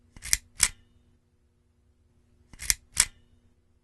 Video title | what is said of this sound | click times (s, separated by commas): Optical Fibre Cleaning Tools Overview | insert it straight into the other end of the bulkhead and press until you hear a click | 0.3 s, 2.7 s